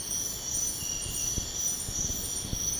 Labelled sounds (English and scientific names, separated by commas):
none